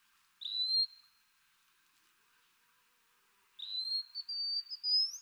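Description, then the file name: Wallcreeper giving two thin, high whistles: a level note, then after a pause a longer one sliding steadily upward in pitch. "TICHODROME"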